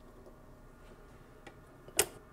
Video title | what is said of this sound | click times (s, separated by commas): How to change the grippers on a BioMek FX/NX Multi-Channel Pod | push them up and there'll be a sharp pop at the top when they pop into place | 2.0 s